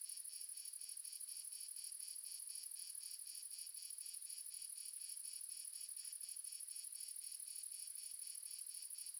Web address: GDC 2017-Game Audio Bundle Red Sonic - Crickets and Frogs amb crickets multiple south france 01